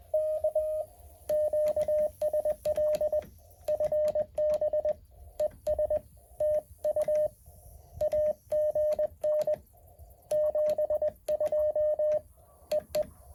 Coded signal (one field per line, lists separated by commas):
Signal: Morse code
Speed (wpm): 20 wpm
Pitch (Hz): 610 Hz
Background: radio noise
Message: K QSL FB ES TU AGN 72 EE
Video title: Morse code POTA activation 10/14/2024